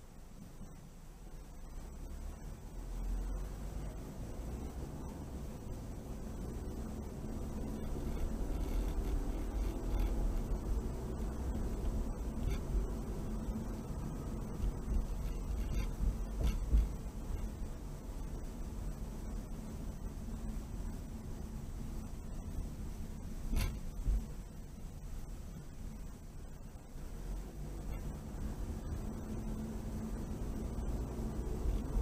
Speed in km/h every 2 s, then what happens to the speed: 3, 10, 18, 24, 31, 34, 35, 34, 32, 31, 26, 16, 15, 16, 24, 31.
0-11 speeds up to 35. 11-23 slows to 15. 26-32 speeds up to 31.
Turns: none.